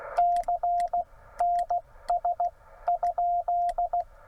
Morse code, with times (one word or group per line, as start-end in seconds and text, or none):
0.2-1.0 C
1.4-2.5 NS
2.9-4.0 ?